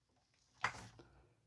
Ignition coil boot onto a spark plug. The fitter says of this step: You hear that little click. That's your suction